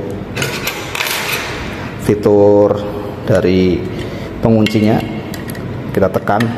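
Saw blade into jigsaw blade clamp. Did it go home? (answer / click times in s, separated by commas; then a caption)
no / none. A saw blade is handled at the tool-free blade clamp of a DongCheng DCMQ85 cordless jigsaw, with short sharp metallic taps near 0.7 s and 1.0 s while someone talks over it. The blade has not seated or clicked into the clamp yet by the end of the clip.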